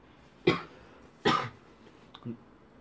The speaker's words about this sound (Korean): 죄송합니다. 기침하고.